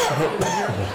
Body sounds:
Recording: coughing mixed with background sound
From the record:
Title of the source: Mid-morning Winter Coughing Fit

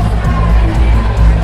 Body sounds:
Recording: background sound without coughing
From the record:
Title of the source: Party Noise 1 Hour Party Ambience

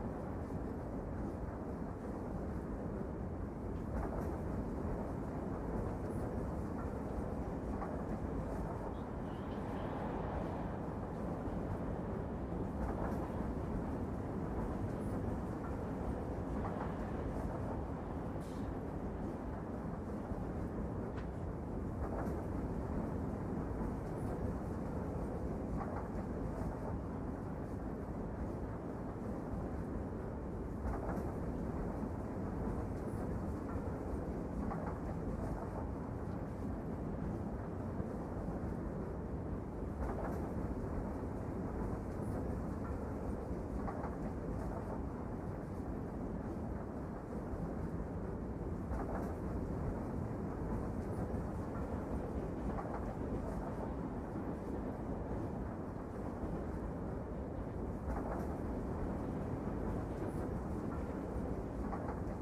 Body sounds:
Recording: background sound without coughing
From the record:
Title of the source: Train Ride Ambience ambient white noise for sleeping, focus, studying, reading

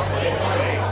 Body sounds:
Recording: background sound without coughing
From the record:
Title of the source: CITY SOUNDS Busy Bar in the Evening Night - 2 HOURS of Ambiance for Relaxation

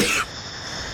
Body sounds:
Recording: coughing mixed with background sound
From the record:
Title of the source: 64 coughing, allergies, singing lungs

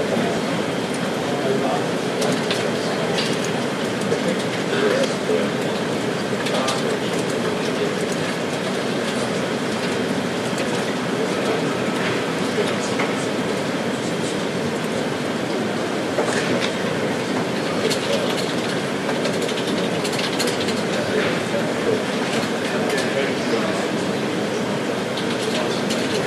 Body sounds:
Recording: background sound without coughing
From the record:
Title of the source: Office Sounds Ambience - Background Noise for Study and Work

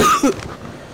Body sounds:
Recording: coughing mixed with background sound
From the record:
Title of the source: Wet coughing

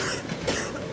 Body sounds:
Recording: coughing mixed with background sound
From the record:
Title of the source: 34 coughing up crap again

